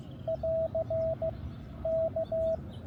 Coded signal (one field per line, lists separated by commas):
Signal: Morse code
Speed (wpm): 16 wpm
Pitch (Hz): 660 Hz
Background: none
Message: <AR> K